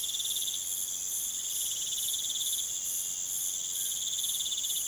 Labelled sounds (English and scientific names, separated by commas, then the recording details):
none
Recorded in pastures near Puerto Asís, Putumayo, Colombia, on 30 June 2025 at 23:00
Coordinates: 0.486, -76.323
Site H29